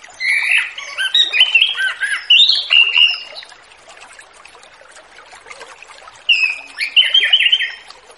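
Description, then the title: Orange-headed thrush song: rich, varied whistled phrases of slurred and warbling notes in two bursts, the first about three seconds long, the second after a pause, with faint background hiss. Relaxed, open-voiced style (ngeplong santai), used as a lure for free-flying spotted orange-headed thrushes. "Anis Kembang Ngeplong Santai , Untuk Pancingan Anis Kembang Lepas Trotol"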